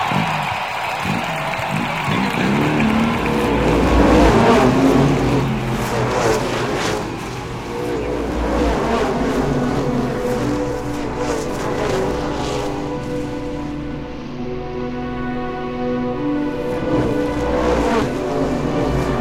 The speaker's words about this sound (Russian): Машин проносится мимо трибун чаще, чем через каждые 2 минуты. Быстрота, с которой это происходит, делает гонку еще более бессмысленной.